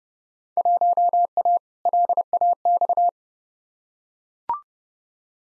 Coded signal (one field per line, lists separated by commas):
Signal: Morse code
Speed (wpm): 30 wpm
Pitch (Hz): 700 Hz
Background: none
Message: 1A LAX